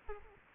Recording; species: mosquito wingbeat signal from an infrared sensor; Aedes albopictus